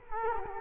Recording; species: mosquito wingbeat signal from an infrared sensor; Culex quinquefasciatus